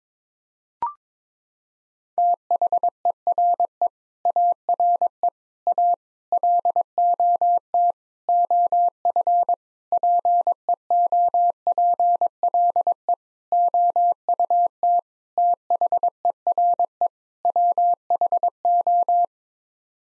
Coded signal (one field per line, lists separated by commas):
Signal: Morse code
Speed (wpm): 22 wpm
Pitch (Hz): 700 Hz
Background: none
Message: THERE ARE A LOT OF PEOPLE OUT THERE WHO